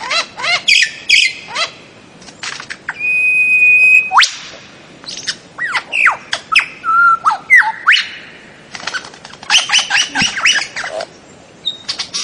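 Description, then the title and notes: Bird ringtone of bright whistled notes, a long steady whistle, falling slurs and quick chirps in rapid succession, with brief pauses between phrases. Bird ringtone with a melodious voice. "Burung Dengan Suara Merdu"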